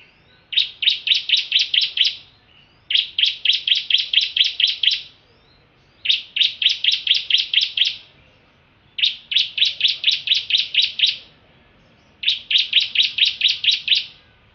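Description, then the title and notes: Prinia delivering repeated strings of quick, sharp high notes, each burst about two seconds long, returning every three seconds or so. Complete song, including ngerol singing. "Suara Kicau Burung Prenjak Lengkap dan Ngerol"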